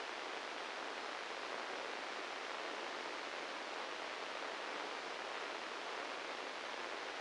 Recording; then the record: brain microelectrode recording played as sound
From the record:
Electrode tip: inside the subthalamic nucleus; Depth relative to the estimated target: 5 mm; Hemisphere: right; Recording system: NeuroSet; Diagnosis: Parkinson's disease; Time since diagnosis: 9 years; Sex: male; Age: 56 years